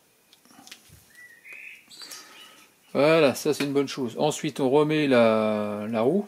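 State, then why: Seated. During a motor repair on a Keops HK 90 X range hood, a motor assembly part is pushed into the range hood housing until it clicks into place. Two quiet, short, closely spaced clicks land at 0.7 s and 0.7 s, among faint handling noises. Then someone talks from about 3 s to the end.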